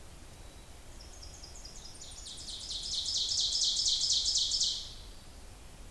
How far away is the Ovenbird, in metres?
about 30 m